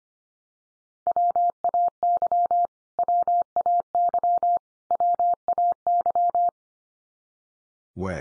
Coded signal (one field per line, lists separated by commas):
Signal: Morse code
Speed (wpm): 25 wpm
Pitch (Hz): 700 Hz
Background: none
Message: WAY WAY WAY